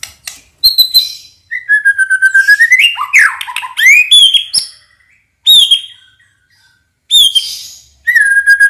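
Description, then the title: White-rumped shama song with a long clear whistle, a dense scratchy jumble, then sharp piercing notes separated by short silences. Singing actively (gacor); lure sound meant to make birds respond. "PANCINGAN MURAI BATU GACOR LANGSUNG RESPON"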